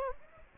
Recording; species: mosquito wingbeat signal from an infrared sensor; Aedes aegypti